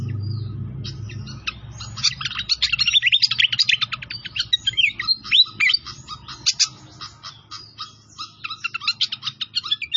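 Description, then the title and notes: Pied fantail song, a rapid run of squeaky chirps and sharp whistled notes, dense and varied, over a low background rumble. Training (masteran) recording of a clear-voiced pied fantail, made with the sound of flowing water. "Masteran Sikatan Kipas Suara Jernih Dan Suara Gemericik Air. Suara Burung Sikatan Londo"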